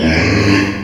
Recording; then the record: squeal of a Yucatan mini pig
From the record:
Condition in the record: before surgery on the right vocal fold (resection and tissue-engineered implant); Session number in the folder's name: 2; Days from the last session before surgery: 0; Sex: male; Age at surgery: 12 weeks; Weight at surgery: 13 kg